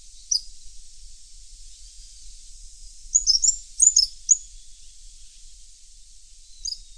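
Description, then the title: Cattle Tyrant calling: an isolated high thin note, then a brief burst of squeaky twittering notes, and a single note near the end, over steady hiss. "LuckyPassaro Completos2Sama. Cattle Tyrant (Machetornis rixosa)"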